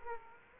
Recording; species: mosquito wingbeat signal from an infrared sensor; Aedes aegypti